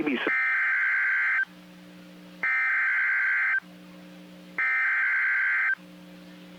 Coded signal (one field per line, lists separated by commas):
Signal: Emergency Alert System (SAME) tones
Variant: header bursts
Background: speech